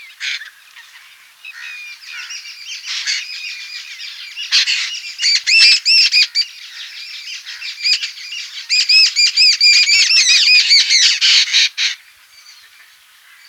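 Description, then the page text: Jungle babbler calls, scratchy squeaky notes building into fast, harsh chattering runs that stop abruptly near the end. "Jungle Babbler Calls. Quick Sounds"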